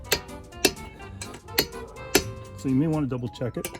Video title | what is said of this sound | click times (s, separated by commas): Putting on winter tires | As soon as you hear that clicking, you've reached 100 pounds. | 0.1 s, 0.6 s, 1.6 s, 2.1 s